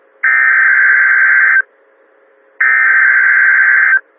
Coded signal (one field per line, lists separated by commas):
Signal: Emergency Alert System (SAME) tones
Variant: header bursts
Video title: EAS #14 TORNADO WARNING (Jackson County AL)